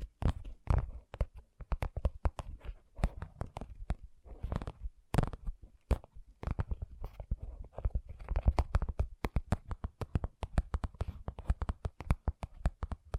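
Gentle tapping in quick, uneven bursts of soft knocks and light clicks, with brief pauses around four and six seconds before resuming densely.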